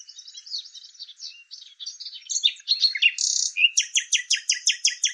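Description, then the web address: Bird song, a fast jumble of high chirps and scratchy notes, ending in a buzzy burst and a quick run of repeated trilled notes. "Deverinetal 2025"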